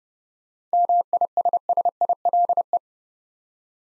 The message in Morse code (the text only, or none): MISSILE